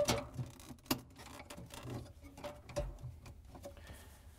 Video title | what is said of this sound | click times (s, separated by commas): How To: Whirlpool/KitchenAid/Maytag Evaporator Fan Motor Grommet WP2176759 | then we can snap it into the white bracket | 0.9 s